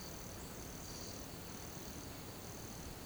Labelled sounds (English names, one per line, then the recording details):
none
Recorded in pastures near Puerto Asís, Putumayo, Colombia, on 13 March 2025 at 10:30
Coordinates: 0.486, -76.323
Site G075